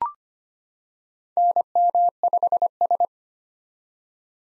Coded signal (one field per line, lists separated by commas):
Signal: Morse code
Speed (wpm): 25 wpm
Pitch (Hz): 700 Hz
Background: none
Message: NM5S